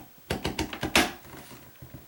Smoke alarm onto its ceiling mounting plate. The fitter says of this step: now it's locked into place it's all ready to go